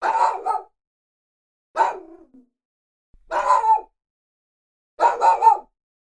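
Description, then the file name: Dog giving harsh, rough barks, some doubled, in four bursts separated by pauses of about a second. "Dogs Barking"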